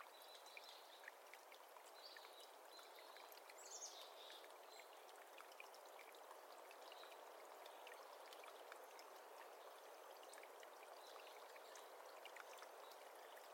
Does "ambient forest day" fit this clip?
yes